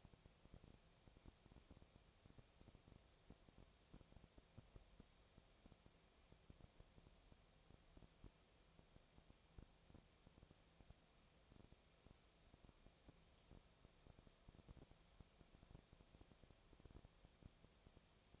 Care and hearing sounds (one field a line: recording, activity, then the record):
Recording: daily activity, microphone in the room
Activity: no activity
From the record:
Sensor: 1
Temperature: 19.6 degrees Celsius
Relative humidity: 36.5%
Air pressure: 997.0 hPa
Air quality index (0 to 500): 204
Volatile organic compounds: 129 ppm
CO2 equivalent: 3924 ppm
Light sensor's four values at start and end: 1/2/1/1 and 1/2/1/1